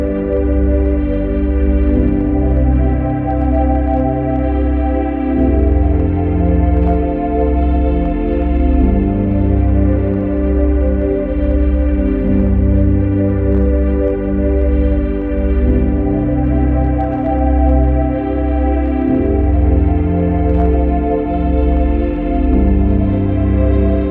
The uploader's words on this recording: Silent Subliminal Meditation ~ 1 Hz + 295.8 Hz + 528 Hz.